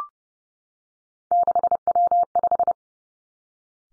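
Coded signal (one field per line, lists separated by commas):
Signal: Morse code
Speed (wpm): 30 wpm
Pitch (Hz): 700 Hz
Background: none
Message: 6W5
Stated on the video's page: Morse practice drill at 30 wpm of three-character combinations of easily confused letters and numbers, each sent twice.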